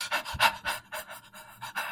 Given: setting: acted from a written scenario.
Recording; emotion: vocal sound without words; distress